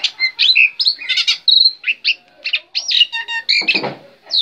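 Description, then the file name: Black-winged myna song: quick varied phrases of clear whistles, chirps and rasping buzzes, with a harsh noisy burst near the end. Black-winged myna singing energetically. "suara jalak putih gacor"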